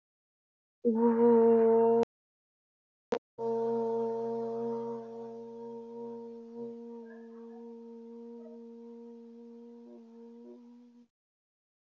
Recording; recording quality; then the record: sustained vowel as in boot; excellent, no background noise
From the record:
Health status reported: healthy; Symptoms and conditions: none ticked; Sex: female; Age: 26 years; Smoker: not ticked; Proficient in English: yes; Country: India